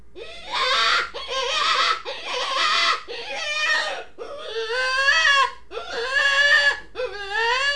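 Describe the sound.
Rabbit emitting frantic, strained cries almost continuously, roughly seven wavering squeals running into one another.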